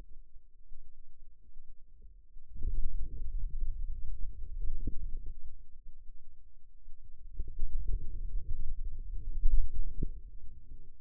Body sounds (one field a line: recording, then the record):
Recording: forearm muscle sounds (acoustic myography)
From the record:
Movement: hand closing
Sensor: system 2, bracelet of six BSWA MPA416 microphones around the upper forearm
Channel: 2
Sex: male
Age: 22 years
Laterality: right